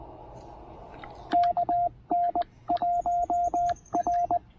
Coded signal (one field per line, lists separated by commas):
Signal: Morse code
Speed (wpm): 20 wpm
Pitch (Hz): 690 Hz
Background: radio noise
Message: KN1R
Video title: Logging some serious QRP DX with the TR-45 and Tufteln EFRW during a quick afternoon POTA break!